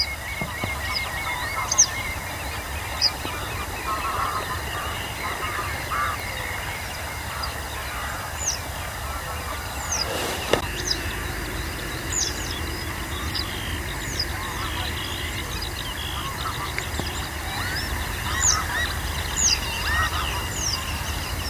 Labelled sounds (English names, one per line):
Western Yellow Wagtail